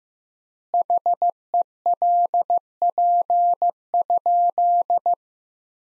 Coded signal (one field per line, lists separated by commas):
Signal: Morse code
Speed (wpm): 15 wpm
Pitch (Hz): 700 Hz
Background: none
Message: HELP?